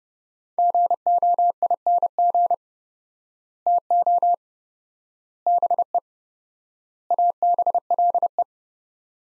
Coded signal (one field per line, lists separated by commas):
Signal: Morse code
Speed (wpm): 31 wpm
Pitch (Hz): 700 Hz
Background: none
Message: GOING TO BE ABLE